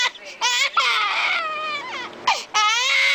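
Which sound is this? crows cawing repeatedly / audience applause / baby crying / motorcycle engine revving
baby crying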